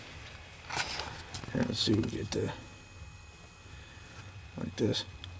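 A fuel injector for a 5.9 Cummins diesel engine is handled by hand at its bore in the cylinder head while someone talks, with brief rustling and tapping handling noises. Nothing has seated or clicked yet; the clip ends just before the injector goes home.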